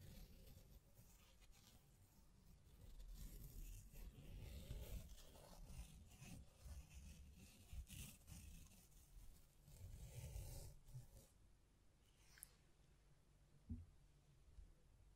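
Hands tap, scratch and brush against a microphone in a dense, uneven stream of rustling and low thumps. Bright scraping bursts cluster around four to eleven seconds, then the handling thins out, leaving softer rubs and a sharp tap near thirteen seconds.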